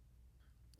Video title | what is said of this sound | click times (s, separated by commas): Rockshox VIVID service part 1 | After approximately four full turns, you will hear an audible click indicating that the rebound needle has engaged the adjuster knob. | 0.7 s